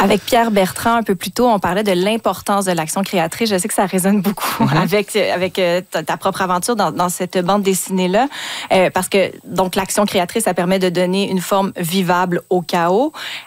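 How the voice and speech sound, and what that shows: One adult speaks French at a conversational pace in a clear, steady, mid-pitched voice. There are a few brief restarts and short pauses of the ordinary kind, with no blocks or strained voicing. The speech is fluent and within normal limits.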